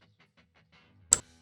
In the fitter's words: There it is, the plug is completely in, also not coming out.